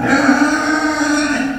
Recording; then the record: squeal of a Yucatan mini pig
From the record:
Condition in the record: after surgery on the right vocal fold (resection and tissue-engineered implant); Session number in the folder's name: 3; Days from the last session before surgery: 21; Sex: female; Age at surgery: 19 weeks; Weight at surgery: 25 kg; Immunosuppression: prednisolone